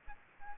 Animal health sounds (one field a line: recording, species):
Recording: mosquito wingbeat signal from an infrared sensor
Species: Aedes aegypti